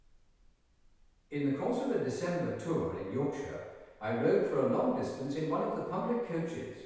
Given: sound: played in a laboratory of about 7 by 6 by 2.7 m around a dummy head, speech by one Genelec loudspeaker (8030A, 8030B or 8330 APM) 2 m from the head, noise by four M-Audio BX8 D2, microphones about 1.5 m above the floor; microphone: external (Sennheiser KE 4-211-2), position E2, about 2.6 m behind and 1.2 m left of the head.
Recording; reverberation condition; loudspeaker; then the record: male speech in English; high; 30 degrees to the left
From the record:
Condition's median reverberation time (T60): about 1300 ms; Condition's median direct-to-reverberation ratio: about -4.0 dB